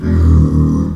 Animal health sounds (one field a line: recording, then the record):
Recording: squeal of a Yucatan mini pig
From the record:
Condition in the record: after surgery on the right vocal fold (resection and tissue-engineered implant)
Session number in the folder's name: 13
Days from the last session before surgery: 113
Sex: female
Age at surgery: 19 weeks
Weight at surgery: 25 kg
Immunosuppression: prednisolone